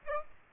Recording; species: mosquito wingbeat signal from an infrared sensor; Aedes aegypti